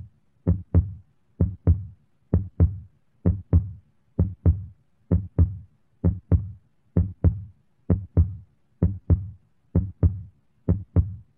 Heartbeat.